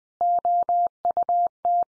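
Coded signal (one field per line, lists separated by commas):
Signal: Morse code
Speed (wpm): 20 wpm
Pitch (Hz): 700 Hz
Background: none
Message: OUT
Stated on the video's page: Head-copy drill of the 100 most common English words at 20 wpm, each word sent three times, then sent again.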